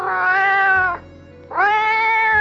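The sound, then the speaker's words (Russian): A cat named Vaska, caught by a boy with a rope tied around its neck and being dragged along, gives two long, drawn-out meows separated by a brief pause, each loud and harmonically rich with a steady, slightly wavering pitch, no voices around them. “Видит, поймал мальчишка кота, обвязал веревкой шею и тащит.”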